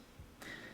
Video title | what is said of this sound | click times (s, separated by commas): GI Joe Classified Series #86 Lowlight Figure Unboxing & Review! | Snaps right in like that. | 0.4 s